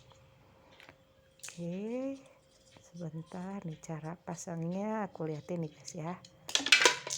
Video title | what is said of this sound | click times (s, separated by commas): Unboxing Food Processor Harga 900 ribuan dari Ac* Hardware | kayak gini Sampai bunyi klik Nah itu | 6.7 s